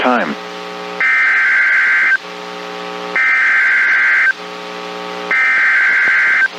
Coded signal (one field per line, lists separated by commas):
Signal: Emergency Alert System (SAME) tones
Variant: header bursts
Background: speech